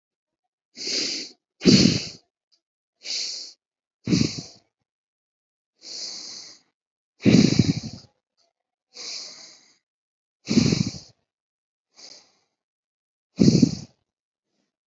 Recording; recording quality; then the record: deep breathing; excellent, no background noise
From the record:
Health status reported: healthy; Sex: female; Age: 21 years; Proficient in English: yes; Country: India